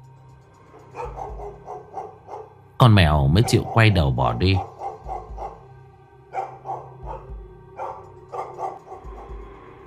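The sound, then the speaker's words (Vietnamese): A dog at a nearby house lets out a quick, loud run of several sharp barks in the middle, while a person keeps talking steadily before and after. “Bà già sợ hãi liên tục bước lùi lại, cho đến khi có tiếng con chó nhà gần đó sủa giống cả lên.”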